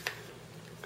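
The plastic battery cover is pried off the back of a Palm Pixi smartphone, working around to the last clips. A sharp snap at 0.1 s marks the clips popping off and the cover coming free, followed by quiet low rustling and a softer tick near the end.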